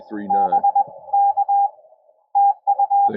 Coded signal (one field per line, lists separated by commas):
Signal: Morse code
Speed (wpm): 20 wpm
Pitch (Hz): 800 Hz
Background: speech, radio noise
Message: BK TU